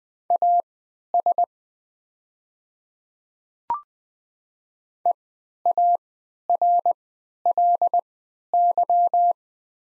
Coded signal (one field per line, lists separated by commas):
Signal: Morse code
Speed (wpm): 20 wpm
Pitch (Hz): 700 Hz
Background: none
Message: AS EARLY